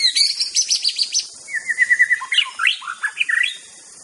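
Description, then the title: White-rumped shama song, rapid high trills followed by a fast series of varied whistled and slurred notes, continuous and lively, with a background insect drone. Wild bird recorded in forest. "Kicau Asli Murai Batu Hutan"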